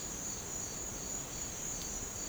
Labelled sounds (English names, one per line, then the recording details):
none
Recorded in dense forest near Puerto Asís, Putumayo, Colombia, on 19 March 2025 at 09:00
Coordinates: 0.500, -76.322
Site GP06